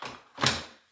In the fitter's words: on there another way around until it clicks and you have your handle that goes